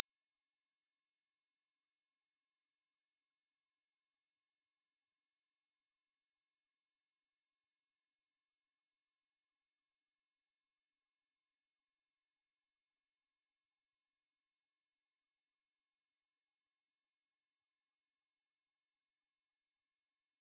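A pure sine tone at 5817 Hz sounds as a single thin, piercing whistle that holds perfectly steady in pitch and loudness for the full twenty seconds. Nothing else is audible; the background is completely silent.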